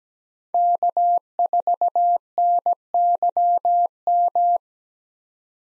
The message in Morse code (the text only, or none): K4NYM